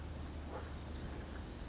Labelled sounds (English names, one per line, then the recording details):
Blue-gray Gnatcatcher
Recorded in Sonoma County, California